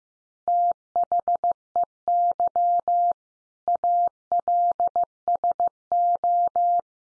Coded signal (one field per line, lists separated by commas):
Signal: Morse code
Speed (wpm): 15 wpm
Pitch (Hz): 700 Hz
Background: none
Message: THEY ALSO